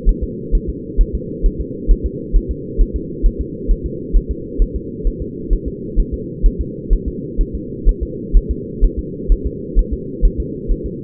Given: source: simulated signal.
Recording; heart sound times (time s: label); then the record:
fetal heart sounds
0.09 s: S1
0.23 s: S2
0.55 s: S1
0.70 s: S2
1.01 s: S1
1.15 s: S2
1.46 s: S1
1.61 s: S2
1.91 s: S1
2.06 s: S2
2.36 s: S1
2.51 s: S2
2.81 s: S1
2.96 s: S2
3.26 s: S1
3.41 s: S2
3.71 s: S1
3.86 s: S2
4.16 s: S1
4.31 s: S2
4.62 s: S1
4.76 s: S2
5.07 s: S1
5.22 s: S2
5.53 s: S1
5.68 s: S2
6.00 s: S1
6.14 s: S2
6.46 s: S1
6.61 s: S2
6.93 s: S1
7.08 s: S2
7.41 s: S1
7.55 s: S2
7.89 s: S1
8.03 s: S2
8.37 s: S1
8.51 s: S2
8.84 s: S1
8.99 s: S2
9.32 s: S1
9.46 s: S2
9.79 s: S1
9.93 s: S2
10.25 s: S1
10.40 s: S2
10.71 s: S1
10.86 s: S2
From the record:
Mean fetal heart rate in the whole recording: 130 bpm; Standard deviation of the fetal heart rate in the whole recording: 2 bpm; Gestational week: 38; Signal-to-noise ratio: -4.1 dB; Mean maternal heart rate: no maternal heart sound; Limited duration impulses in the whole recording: absent